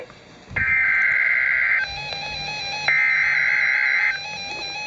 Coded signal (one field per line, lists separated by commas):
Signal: Emergency Alert System (SAME) tones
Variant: header bursts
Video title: Real NOAA Weather Radio EAS Alert #163